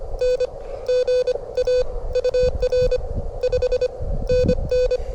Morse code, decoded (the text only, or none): N GA UR 5NN